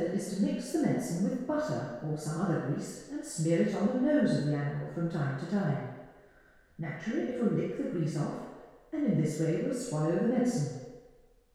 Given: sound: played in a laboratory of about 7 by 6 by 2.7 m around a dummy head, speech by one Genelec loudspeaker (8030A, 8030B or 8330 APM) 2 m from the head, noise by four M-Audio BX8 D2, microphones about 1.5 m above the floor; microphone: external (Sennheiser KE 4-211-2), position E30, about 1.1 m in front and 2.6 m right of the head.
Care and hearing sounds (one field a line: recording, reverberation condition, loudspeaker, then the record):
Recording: female speech in English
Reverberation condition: high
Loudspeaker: 60 degrees to the right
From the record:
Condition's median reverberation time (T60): about 1300 ms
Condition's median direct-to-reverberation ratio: about -4.0 dB